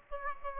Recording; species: mosquito wingbeat signal from an infrared sensor; Aedes aegypti